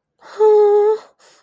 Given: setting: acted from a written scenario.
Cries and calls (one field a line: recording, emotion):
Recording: vocal sound without words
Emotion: disappointment